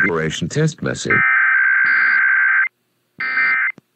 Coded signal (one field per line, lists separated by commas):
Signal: Emergency Alert System (SAME) tones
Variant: end-of-message bursts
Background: speech